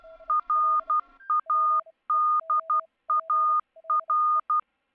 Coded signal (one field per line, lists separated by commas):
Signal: Morse code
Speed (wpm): 12 wpm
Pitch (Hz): 1220 Hz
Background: none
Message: RADAR